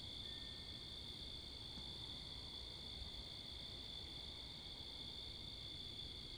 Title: Oct 10th 2021 11:35pm Wakefield, Rhode Island